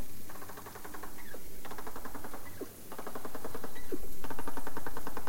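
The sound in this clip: Dolphin burst-pulse calls, buzzy rattling trains repeated in several bouts separated by short gaps.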